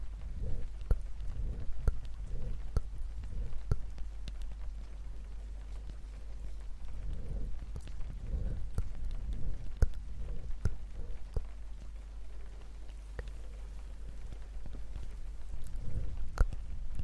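Soft irregular tapping over a steady rain hiss, with a constant low rumble and occasional breathy low swells rising and fading throughout.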